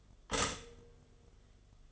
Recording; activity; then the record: daily activity, microphone in the room; stop toaster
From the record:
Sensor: 4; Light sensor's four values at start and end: 4/8/3/3 and 4/8/3/3